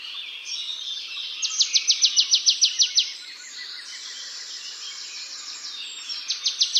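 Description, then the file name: Marsh tit calls: a fast series of about ten sharp, clipped notes, then a second series starting near the end, over a busy background. "Poecile palustris"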